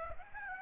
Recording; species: mosquito wingbeat signal from an infrared sensor; Aedes aegypti